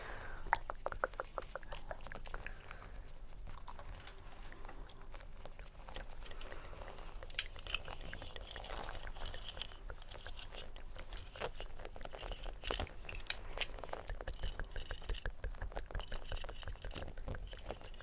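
Layered mouth sounds, tapping and scratching run continuously, with dense, quick clicks and taps throughout. Sharper bright bursts stand out around 7.5 and 12.5 seconds, over a steady low rumble and a soft hiss.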